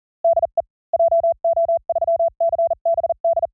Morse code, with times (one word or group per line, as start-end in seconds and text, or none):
0.2-0.6 DE
0.9-3.5 JO3CBD